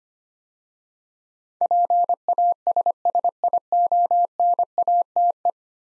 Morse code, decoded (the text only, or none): PASSIONATE